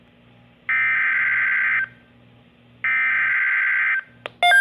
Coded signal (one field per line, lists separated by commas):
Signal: Emergency Alert System (SAME) tones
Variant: header bursts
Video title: Svr Tstorm Watch 418 [EAS 014]